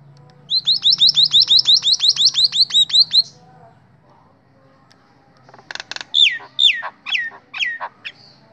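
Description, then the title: Nias hill myna song: a rapid run of many identical high notes, a pause, then loud descending whistled notes. Loud, actively singing bird; recording intended as a model for training other songbirds (masteran). "Burung Jalak Nias Gacor Suara Super Gledek Untuk Masteran"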